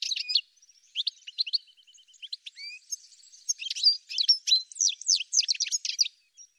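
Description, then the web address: Bird song: near-continuous high chirps, thin whistles and short trills, becoming a fast, busy run of sharp twittering notes in the second half. "cianscape birddata"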